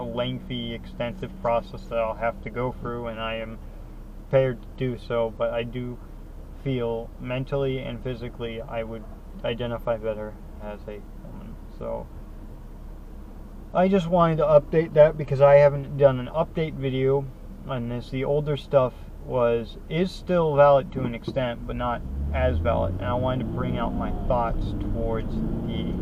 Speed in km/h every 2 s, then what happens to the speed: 0, 0, 0, 0, 0, 0, 0, 0, 0, 0, 5, 21, 32.
0-19 standing. 19-26 pulls away to 32.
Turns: none.